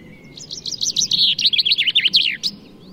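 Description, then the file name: Common chaffinch song: a fast series of sweet, slurred notes tumbling down the scale and ending in an emphatic terminal flourish. "Fringilla coelebs"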